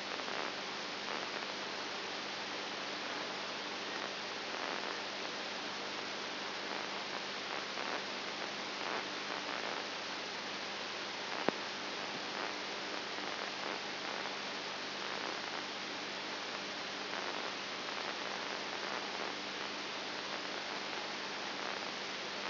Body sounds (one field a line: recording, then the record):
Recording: brain microelectrode recording played as sound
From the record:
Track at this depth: outside the subthalamic nucleus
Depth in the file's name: 7.1 mm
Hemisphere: right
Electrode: 2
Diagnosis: Parkinson's disease